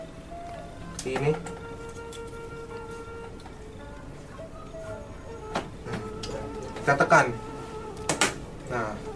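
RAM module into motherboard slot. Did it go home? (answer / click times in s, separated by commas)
yes / 8.1 s, 8.2 s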